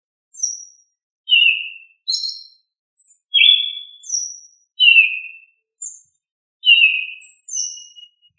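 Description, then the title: Sabiá (thrush) singing varied short phrases, falling whistled slurs alternating with very high thin notes, separated by brief pauses, quiet background. "Familia Turdidae - Sabia"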